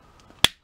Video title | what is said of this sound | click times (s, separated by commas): (FR) Deluxe SLUG review (Transformers Power of the Primes) | se clipse très très solidement dedans | 0.4 s